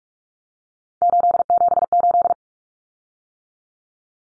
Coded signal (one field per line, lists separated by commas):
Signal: Morse code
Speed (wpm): 44 wpm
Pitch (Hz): 700 Hz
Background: none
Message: 878